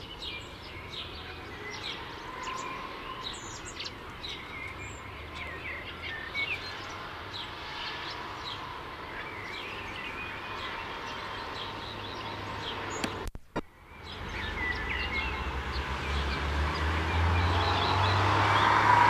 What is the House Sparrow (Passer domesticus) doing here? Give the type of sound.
song